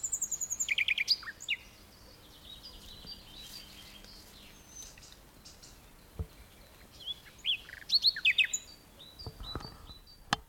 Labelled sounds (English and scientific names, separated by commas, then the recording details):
Common Nightingale (Luscinia megarhynchos)
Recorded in the wild
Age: adult
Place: Karower Teiche, Naturpark Barnim, Berlin, DE
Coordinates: 52.622, 13.46
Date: 1992-05-16 10:01
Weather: sonnig, 17-22°C
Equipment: Nagra SN, Mikrofon AKG CK 8, Kopie Tesla B 116
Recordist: Tembrock, Günter
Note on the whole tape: Karower Fischteiche; Gesang (längere Stücke, sehr gute Aufnahme)